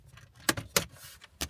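An important wiring connector is pushed into the back of a Pioneer SPH-DA77DAB radio head unit that is replacing the radio in a Toyota Yaris. Sharp snaps are heard at 0.5 s and 0.8 s, followed by a short tick at 1.4 s. The connector snaps home and is seated.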